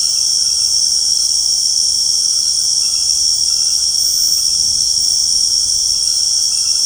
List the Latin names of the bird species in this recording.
none